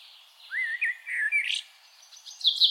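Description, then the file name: Eurasian blackbird song: a short sliding whistled phrase followed by a brief, thin, scratchy flourish. "Turdus merula"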